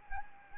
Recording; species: mosquito wingbeat signal from an infrared sensor; Anopheles gambiae